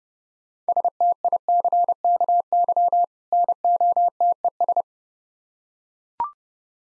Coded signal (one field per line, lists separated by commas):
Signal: Morse code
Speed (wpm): 30 wpm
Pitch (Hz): 700 Hz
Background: none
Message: STICKY NOTES